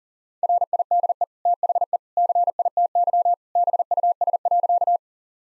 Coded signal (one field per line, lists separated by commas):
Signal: Morse code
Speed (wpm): 40 wpm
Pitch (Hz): 700 Hz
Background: none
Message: RIDE THE CITY BUS.